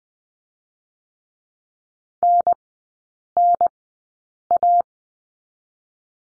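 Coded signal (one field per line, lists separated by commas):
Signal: Morse code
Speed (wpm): 20 wpm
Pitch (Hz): 700 Hz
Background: none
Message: NNA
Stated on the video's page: Morse code course lesson drill on letter N, three-character groups, Farnsworth speed 20/10 wpm.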